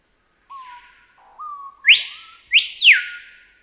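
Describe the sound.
Screaming piha singing one full phrase: a pair of quiet low whistled notes leading into two explosive, piercing whistles that shoot upward and fall away.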